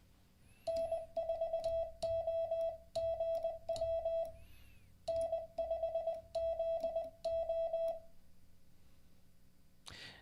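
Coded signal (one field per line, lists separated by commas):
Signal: Morse code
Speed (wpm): 20 wpm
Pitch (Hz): 660 Hz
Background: none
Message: N4OGW N5ZO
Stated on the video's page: Live-streamed daily Morse code learning practice session.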